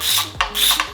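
A ratchet with a hex bit tries to loosen a rounded Allen-head valve cover bolt on a 4G63 engine, with gritty ratcheting and rubbing throughout. The bit slips in the bolt head with a sharp click at 0.4 s, followed by a smaller snap near 0.8 s. The bolt is stripped and does not turn.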